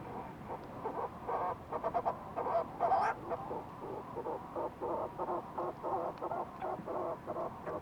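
Fulmar prion calls: harsh pulsed croaking notes repeated in uneven bursts throughout.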